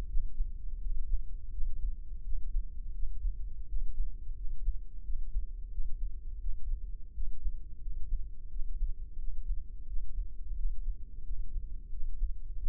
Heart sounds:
heart sounds by microphone in the left ear; 87 bpm
0.11 s: heartbeat
0.83 s: heartbeat
1.54 s: heartbeat
2.27 s: heartbeat
2.96 s: heartbeat
3.71 s: heartbeat
4.39 s: heartbeat
5.07 s: heartbeat
5.74 s: heartbeat
6.43 s: heartbeat
7.17 s: heartbeat
7.84 s: heartbeat
8.53 s: heartbeat
9.21 s: heartbeat
9.90 s: heartbeat
10.59 s: heartbeat
11.27 s: heartbeat
11.94 s: heartbeat
12.60 s: heartbeat
From the record:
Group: healthy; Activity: rest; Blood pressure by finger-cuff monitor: 140/78 mmHg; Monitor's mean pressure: 95 mmHg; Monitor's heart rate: 86 bpm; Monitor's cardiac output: 7.4 L/min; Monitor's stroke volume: 87 mL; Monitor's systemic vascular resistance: 970 dyn s/cm5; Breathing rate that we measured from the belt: 16 breaths a minute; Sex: male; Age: 21 years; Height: 175 cm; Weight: 72.6 kg

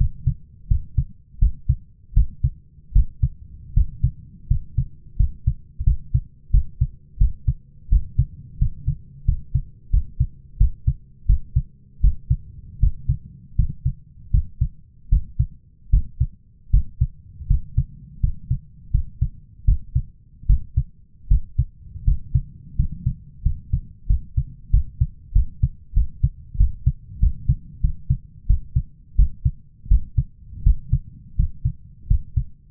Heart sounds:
heart sounds by stethoscope; 84 bpm
0.68 s: heartbeat
1.39 s: heartbeat
2.13 s: heartbeat
2.92 s: heartbeat
3.73 s: heartbeat
4.47 s: heartbeat
5.16 s: heartbeat
5.84 s: heartbeat
6.51 s: heartbeat
7.18 s: heartbeat
7.89 s: heartbeat
8.58 s: heartbeat
9.25 s: heartbeat
9.90 s: heartbeat
10.57 s: heartbeat
11.26 s: heartbeat
12.01 s: heartbeat
12.79 s: heartbeat
13.56 s: heartbeat
14.31 s: heartbeat
15.09 s: heartbeat
15.90 s: heartbeat
16.70 s: heartbeat
17.47 s: heartbeat
18.20 s: heartbeat
18.91 s: heartbeat
19.65 s: heartbeat
20.46 s: heartbeat
21.28 s: heartbeat
22.04 s: heartbeat
22.76 s: heartbeat
23.42 s: heartbeat
24.07 s: heartbeat
24.70 s: heartbeat
25.33 s: heartbeat
25.94 s: heartbeat
26.57 s: heartbeat
27.20 s: heartbeat
27.81 s: heartbeat
28.47 s: heartbeat
29.16 s: heartbeat
29.88 s: heartbeat
30.63 s: heartbeat
31.36 s: heartbeat
32.07 s: heartbeat
From the record:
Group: healthy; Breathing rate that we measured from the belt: 13 breaths a minute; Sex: male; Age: 23 years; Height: 179 cm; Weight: 87 kg

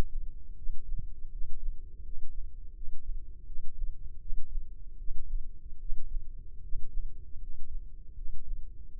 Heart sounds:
heart sounds by microphone in the right ear; 79 bpm
0.55 s: heartbeat
1.30 s: heartbeat
2.02 s: heartbeat
2.73 s: heartbeat
3.45 s: heartbeat
4.19 s: heartbeat
4.97 s: heartbeat
5.78 s: heartbeat
6.61 s: heartbeat
7.39 s: heartbeat
8.15 s: heartbeat
8.89 s: heartbeat
From the record:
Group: healthy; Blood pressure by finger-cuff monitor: 107/62 mmHg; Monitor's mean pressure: 75 mmHg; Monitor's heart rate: 78 bpm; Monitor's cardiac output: 7.4 L/min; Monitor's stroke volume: 95 mL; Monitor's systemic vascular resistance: 700 dyn s/cm5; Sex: male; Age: 19 years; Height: 178 cm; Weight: 83 kg

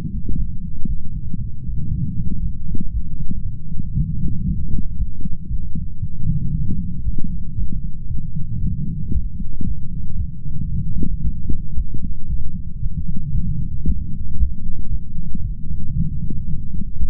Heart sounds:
heart sounds by stethoscope; 116 bpm
0.36 s: heartbeat
0.87 s: heartbeat
1.39 s: heartbeat
1.90 s: heartbeat
2.41 s: heartbeat
2.92 s: heartbeat
3.44 s: heartbeat
3.95 s: heartbeat
4.46 s: heartbeat
4.97 s: heartbeat
5.49 s: heartbeat
6.01 s: heartbeat
6.53 s: heartbeat
7.04 s: heartbeat
7.56 s: heartbeat
8.08 s: heartbeat
8.61 s: heartbeat
9.13 s: heartbeat
9.65 s: heartbeat
10.18 s: heartbeat
10.70 s: heartbeat
11.23 s: heartbeat
11.75 s: heartbeat
12.28 s: heartbeat
12.81 s: heartbeat
13.33 s: heartbeat
13.86 s: heartbeat
14.38 s: heartbeat
14.90 s: heartbeat
15.43 s: heartbeat
15.95 s: heartbeat
16.46 s: heartbeat
16.98 s: heartbeat
From the record:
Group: healthy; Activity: light exercise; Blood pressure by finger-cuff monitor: 147/71 mmHg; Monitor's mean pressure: 91 mmHg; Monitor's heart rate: 115 bpm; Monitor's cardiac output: 11.7 L/min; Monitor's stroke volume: 101 mL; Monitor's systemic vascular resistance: 570 dyn s/cm5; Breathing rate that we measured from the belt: 25 breaths a minute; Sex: male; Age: 35 years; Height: 180 cm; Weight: 86.9 kg

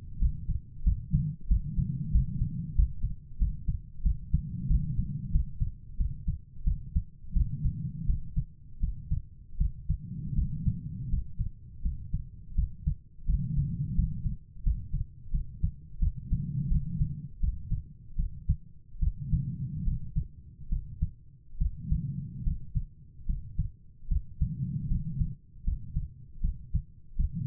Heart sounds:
heart sounds by stethoscope; 82 bpm
0.19 s: heartbeat
0.84 s: heartbeat
1.48 s: heartbeat
2.12 s: heartbeat
2.75 s: heartbeat
3.38 s: heartbeat
4.03 s: heartbeat
4.68 s: heartbeat
5.32 s: heartbeat
5.97 s: heartbeat
6.64 s: heartbeat
7.33 s: heartbeat
8.06 s: heartbeat
8.80 s: heartbeat
9.57 s: heartbeat
10.35 s: heartbeat
11.10 s: heartbeat
11.82 s: heartbeat
12.55 s: heartbeat
13.26 s: heartbeat
13.95 s: heartbeat
14.63 s: heartbeat
15.31 s: heartbeat
15.99 s: heartbeat
16.68 s: heartbeat
17.40 s: heartbeat
18.16 s: heartbeat
18.99 s: heartbeat
19.84 s: heartbeat
20.69 s: heartbeat
21.58 s: heartbeat
22.43 s: heartbeat
23.26 s: heartbeat
24.08 s: heartbeat
24.88 s: heartbeat
25.64 s: heartbeat
26.41 s: heartbeat
27.16 s: heartbeat
From the record:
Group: healthy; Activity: rest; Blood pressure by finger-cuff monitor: 102/69 mmHg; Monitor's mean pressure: 78 mmHg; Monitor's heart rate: 85 bpm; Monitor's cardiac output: 6.1 L/min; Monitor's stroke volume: 74 mL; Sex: female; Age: 32 years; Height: 172 cm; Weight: 71.7 kg

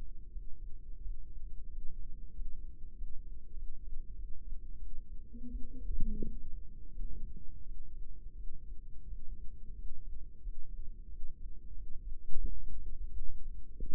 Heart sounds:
heart sounds by microphone in the right ear; 89 bpm
0.30 s: heartbeat
0.99 s: heartbeat
1.67 s: heartbeat
2.32 s: heartbeat
2.94 s: heartbeat
3.54 s: heartbeat
4.14 s: heartbeat
4.76 s: heartbeat
5.48 s: heartbeat
6.20 s: heartbeat
6.91 s: heartbeat
7.63 s: heartbeat
8.34 s: heartbeat
9.06 s: heartbeat
9.74 s: heartbeat
10.41 s: heartbeat
11.07 s: heartbeat
11.73 s: heartbeat
12.42 s: heartbeat
13.10 s: heartbeat
13.75 s: heartbeat
From the record:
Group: healthy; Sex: male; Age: 21 years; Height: 180 cm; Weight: 67.5 kg

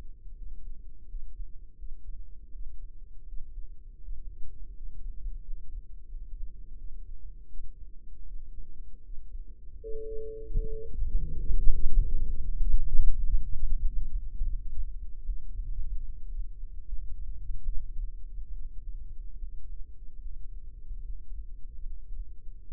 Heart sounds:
heart sounds by microphone in the right ear; 81 bpm
0.33 s: heartbeat
1.05 s: heartbeat
1.74 s: heartbeat
2.50 s: heartbeat
3.24 s: heartbeat
3.99 s: heartbeat
4.72 s: heartbeat
5.40 s: heartbeat
6.06 s: heartbeat
6.74 s: heartbeat
7.47 s: heartbeat
8.23 s: heartbeat
9.01 s: heartbeat
9.78 s: heartbeat
10.56 s: heartbeat
11.29 s: heartbeat
11.94 s: heartbeat
12.56 s: heartbeat
13.17 s: heartbeat
13.78 s: heartbeat
14.43 s: heartbeat
15.23 s: heartbeat
16.02 s: heartbeat
16.85 s: heartbeat
17.67 s: heartbeat
18.52 s: heartbeat
19.35 s: heartbeat
20.18 s: heartbeat
21.01 s: heartbeat
21.82 s: heartbeat
22.64 s: heartbeat
From the record:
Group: healthy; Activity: rest 0-10 s, Valsalva maneuver 10-23 s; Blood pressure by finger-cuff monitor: 96/54 mmHg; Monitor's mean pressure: 67 mmHg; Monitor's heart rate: 80 bpm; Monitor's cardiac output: 7 L/min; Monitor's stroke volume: 84 mL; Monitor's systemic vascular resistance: 700 dyn s/cm5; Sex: female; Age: 26 years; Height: 165 cm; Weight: 55 kg

